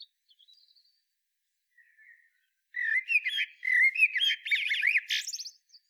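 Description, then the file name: Eurasian blackbird song: faint thin notes, then a long, rich phrase of rising and falling fluted whistles closing with high, squeaky chatter. "Turdus merula"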